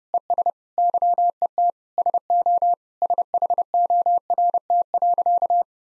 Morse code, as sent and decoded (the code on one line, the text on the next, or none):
. ... / -.-- . - / ... --- / ... .... --- .-. - .-.-.-
ES YET SO SHORT.